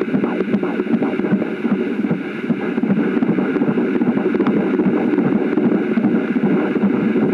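A dense, muffled whooshing with a rapid, fairly regular pulsing of about 150 beats a minute, partly masked by rushing noise. It is a fetal heartbeat, whose rate falls in the usual fetal range of roughly 110 to 160 a minute.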